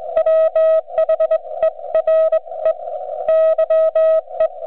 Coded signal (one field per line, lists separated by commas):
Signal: Morse code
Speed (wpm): 22 wpm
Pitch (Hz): 640 Hz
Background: none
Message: WHERE YE